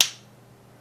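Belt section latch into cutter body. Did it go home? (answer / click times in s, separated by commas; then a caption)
yes / 0.0 s. The plastic belt section of an ABS balloon belt cutter is slid back onto the body and pushed until its childproof latch clicks shut, seating securely. A single sharp, bright click lands at 0.0 s and fades quickly into a quiet low hum.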